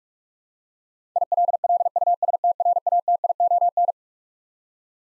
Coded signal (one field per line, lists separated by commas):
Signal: Morse code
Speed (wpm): 41 wpm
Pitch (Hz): 700 Hz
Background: none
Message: ILLUSTRATION